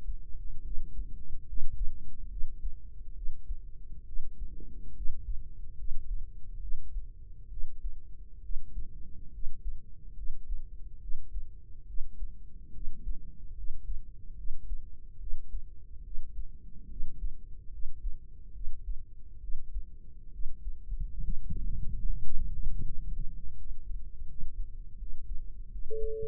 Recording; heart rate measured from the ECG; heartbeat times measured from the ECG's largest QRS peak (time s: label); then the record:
heart sounds by microphone in the right ear; 72 bpm
0.61 s: heartbeat
1.44 s: heartbeat
2.27 s: heartbeat
3.12 s: heartbeat
4.03 s: heartbeat
4.92 s: heartbeat
5.74 s: heartbeat
6.58 s: heartbeat
7.47 s: heartbeat
8.39 s: heartbeat
9.30 s: heartbeat
10.13 s: heartbeat
10.98 s: heartbeat
11.84 s: heartbeat
12.70 s: heartbeat
13.53 s: heartbeat
14.34 s: heartbeat
15.17 s: heartbeat
16.01 s: heartbeat
16.86 s: heartbeat
17.68 s: heartbeat
18.51 s: heartbeat
19.38 s: heartbeat
20.29 s: heartbeat
21.19 s: heartbeat
22.04 s: heartbeat
22.82 s: heartbeat
23.54 s: heartbeat
24.25 s: heartbeat
24.95 s: heartbeat
25.68 s: heartbeat
From the record:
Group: healthy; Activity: rest 0-24 s, Valsalva maneuver 24-26 s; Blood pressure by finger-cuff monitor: 104/72 mmHg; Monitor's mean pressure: 82 mmHg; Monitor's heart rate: 71 bpm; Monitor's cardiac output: 5.2 L/min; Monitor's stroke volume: 74 mL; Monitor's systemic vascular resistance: 1120 dyn s/cm5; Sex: female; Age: 23 years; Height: 160 cm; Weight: 50.4 kg